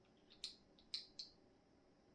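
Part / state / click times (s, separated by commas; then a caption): needle cartridge into tattoo pen grip / partly seated / 0.9 s. A needle cartridge is pushed into the grip of a cheap tattoo pen. Several short, bright ticks are heard, with the single little click at 0.9 s. It seats only weakly, suggesting the cartridge is poorly held.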